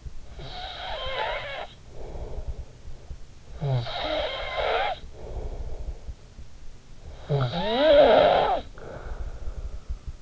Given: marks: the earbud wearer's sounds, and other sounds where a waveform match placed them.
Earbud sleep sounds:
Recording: sounds in sleep by an in-ear microphone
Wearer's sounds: snoring breath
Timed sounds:
0.00-3.03 s: snoring breath
3.20-6.37 s: snoring breath
6.94-10.22 s: snoring breath

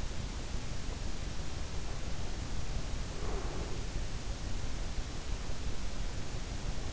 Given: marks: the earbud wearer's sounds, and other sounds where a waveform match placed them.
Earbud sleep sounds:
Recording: sounds in sleep by an in-ear microphone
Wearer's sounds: breath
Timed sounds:
3.11-4.17 s: breath

